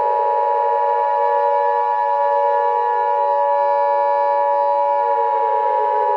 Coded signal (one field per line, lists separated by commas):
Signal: Emergency Alert System (SAME) tones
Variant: 853 and 960 Hz attention tone